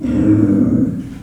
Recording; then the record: squeal of a Yucatan mini pig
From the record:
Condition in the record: after surgery on the right vocal fold (resection and tissue-engineered implant); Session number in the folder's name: 6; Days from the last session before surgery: 40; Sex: female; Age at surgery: 19 weeks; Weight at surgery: 25 kg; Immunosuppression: prednisolone